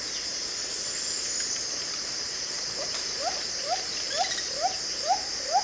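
Andaman cuckoo-dove heard in the second half: six short rising notes, growing louder, evenly spaced about half a second apart amid loud continuous insect buzzing.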